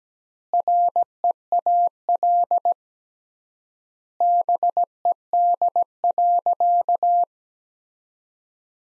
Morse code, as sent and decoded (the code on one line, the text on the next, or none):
.-. . .- .-.. / -... . -.. .-.-.-
REAL BED.